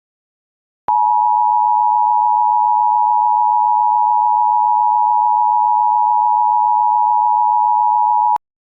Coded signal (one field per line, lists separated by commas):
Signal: Emergency Alert System (SAME) tones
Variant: 853 and 960 Hz attention tone